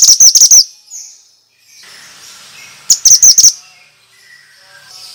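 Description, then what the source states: Bird song: two bursts of rapid, shrill chirping notes separated by a quieter stretch with soft twitters. Bird sound used as a lure for stressed birds.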